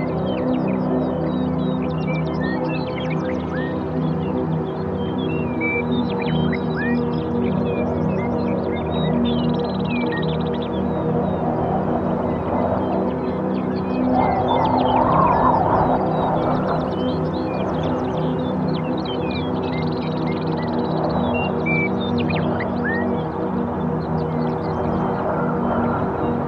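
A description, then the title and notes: Birds chirp and trill in quick, scattered bursts over a steady low wind roar that swells briefly around the middle. Beautiful Music of Birds Singing on Windy Day.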